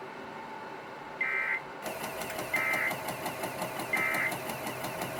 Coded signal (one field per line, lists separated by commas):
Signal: Emergency Alert System (SAME) tones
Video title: 4 Flood Warnings on KHB97 and WRRR-FM || 3/15/24 (EAS #2,467-2,470)